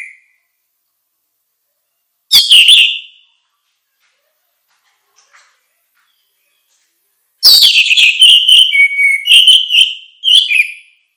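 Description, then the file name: Orange-headed thrush: a short whistled note, a pause, then a longer phrase of sweet sustained whistles shifting in pitch, with scratchy notes mixed in. "suara kicau burung anis merah"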